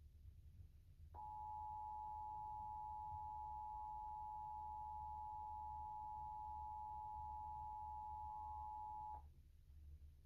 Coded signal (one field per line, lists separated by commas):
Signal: Emergency Alert System (SAME) tones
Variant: 853 and 960 Hz attention tone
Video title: WPVI-TV Emergency Alert System Required Monthly Test in PA (EAS #150)